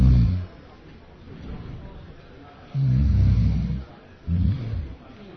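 Three loud, deep, rattling snores separated by quieter breaths: heavy snoring from a sleeping partner, heard while lying in bed late at night, almost asleep.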